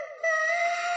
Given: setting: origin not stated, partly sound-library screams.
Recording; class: one-second piece from a danger detection set; woman in danger